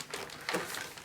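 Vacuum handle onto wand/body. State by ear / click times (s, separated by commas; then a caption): not seated / none. A handle is fitted onto a Morphy Richards Shark Lift Away Allergy bagless upright vacuum cleaner, model 73410. Two brief knocks come at about 0.1 s and 0.5 s over a low background. Nothing clicks or latches; the handle does not lock in place and the vacuum may have to be sent back.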